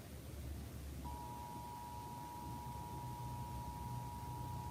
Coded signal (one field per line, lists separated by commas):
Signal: Emergency Alert System (SAME) tones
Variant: 853 and 960 Hz attention tone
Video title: EAS SVR (From GRR) 3/6/26 7:59 PM EST (Credit Goes To @SouthernPennsylvaniaWX/@KanawhaCountyWX)